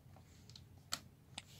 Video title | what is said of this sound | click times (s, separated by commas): HOW TO REPLACE YOUR LAPTOP FAN | you just put it in and make sure it clicks down and you hit the locking switch on it so | 0.9 s